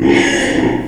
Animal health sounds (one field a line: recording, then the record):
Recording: squeal of a Yucatan mini pig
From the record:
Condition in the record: before surgery on the right vocal fold (resection and tissue-engineered implant)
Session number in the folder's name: 2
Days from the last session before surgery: -15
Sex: female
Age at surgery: 19 weeks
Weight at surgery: 25 kg